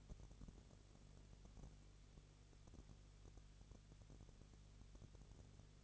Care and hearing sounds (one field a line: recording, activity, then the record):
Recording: daily activity, microphone in the room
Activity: no activity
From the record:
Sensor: 4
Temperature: 22.3 degrees Celsius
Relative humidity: 32.8%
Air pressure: 1002.0 hPa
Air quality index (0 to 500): 185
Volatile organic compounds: 4 ppm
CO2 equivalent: 1634 ppm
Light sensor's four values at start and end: 2/3/1/1 and 2/3/1/1